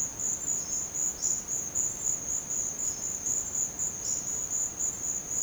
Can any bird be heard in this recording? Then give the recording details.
no. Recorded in secondary vegetation near Puerto Asís, Putumayo, Colombia, on 30 June 2025 at 14:00. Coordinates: 0.500, -76.326. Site GP08